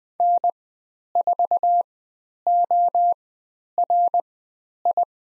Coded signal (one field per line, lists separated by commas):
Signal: Morse code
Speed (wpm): 20 wpm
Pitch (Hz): 700 Hz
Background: none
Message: N4ORI